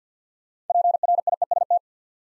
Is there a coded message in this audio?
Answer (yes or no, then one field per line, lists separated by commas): yes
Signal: Morse code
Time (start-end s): 0.7-1.8 s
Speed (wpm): 51 wpm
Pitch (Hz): 700 Hz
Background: none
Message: PRIEST